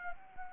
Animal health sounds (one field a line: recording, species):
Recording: mosquito wingbeat signal from an infrared sensor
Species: Anopheles arabiensis